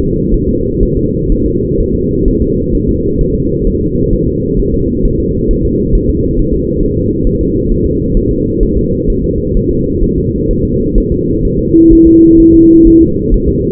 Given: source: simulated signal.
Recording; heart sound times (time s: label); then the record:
fetal heart sounds
0.00 s: S2
0.34 s: S1
0.48 s: S2
0.83 s: S1
0.97 s: S2
1.32 s: S1
1.46 s: S2
1.80 s: S1
1.95 s: S2
2.28 s: S1
2.42 s: S2
2.75 s: S1
2.89 s: S2
3.21 s: S1
3.35 s: S2
3.67 s: S1
3.81 s: S2
4.13 s: S1
4.27 s: S2
4.59 s: S1
4.74 s: S2
5.05 s: S1
5.20 s: S2
5.51 s: S1
5.65 s: S2
5.95 s: S1
6.09 s: S2
6.39 s: S1
6.53 s: S2
6.83 s: S1
6.97 s: S2
7.27 s: S1
7.41 s: S2
7.72 s: S1
7.86 s: S2
8.17 s: S1
8.31 s: S2
8.63 s: S1
8.77 s: S2
9.10 s: S1
9.24 s: S2
9.57 s: S1
9.71 s: S2
10.04 s: S1
10.18 s: S2
10.51 s: S1
10.65 s: S2
10.98 s: S1
11.12 s: S2
11.45 s: S1
11.59 s: S2
11.93 s: S1
12.07 s: S2
12.40 s: S1
12.54 s: S2
12.87 s: S1
13.02 s: S2
13.34 s: S1
13.48 s: S2
From the record:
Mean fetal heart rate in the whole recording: 130 bpm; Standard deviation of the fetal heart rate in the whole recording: 4 bpm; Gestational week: 38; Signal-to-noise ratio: -14.7 dB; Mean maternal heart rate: 72 bpm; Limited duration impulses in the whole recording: present